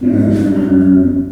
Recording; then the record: squeal of a Yucatan mini pig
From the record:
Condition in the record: after surgery on the right vocal fold (resection and tissue-engineered implant); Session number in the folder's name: 4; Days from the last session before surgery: 26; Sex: female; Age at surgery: 19 weeks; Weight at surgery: 25 kg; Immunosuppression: prednisolone